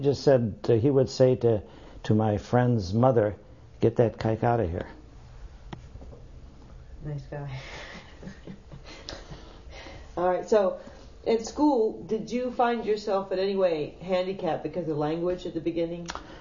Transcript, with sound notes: He just said, he would say to my friend's mother, "Get that kike out of here."
Nice guy. ( she laughs ) All right. So at school did you find yourself in any way handicapped because of language at the beginning?